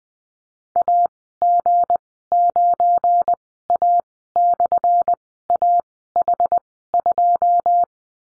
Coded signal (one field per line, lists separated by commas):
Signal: Morse code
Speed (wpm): 20 wpm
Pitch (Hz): 700 Hz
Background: none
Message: AG9A/AH2